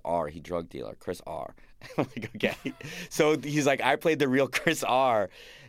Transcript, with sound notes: He drug dealer - Chris R. (Laughter) And I'm like OK. So he's like I played the real Chris R.